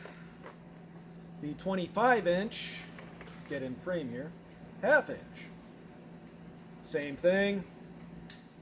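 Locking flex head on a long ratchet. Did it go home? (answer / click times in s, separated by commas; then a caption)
yes / 8.3 s. Someone talks while the flex head of a long Capri Tools 1/2 in drive locking flex head ratchet is swung into position. A single sharp tick at 8.3 s marks the detent catching, and the head locks in one of its nine positions.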